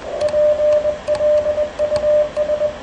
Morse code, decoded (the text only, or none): PLUS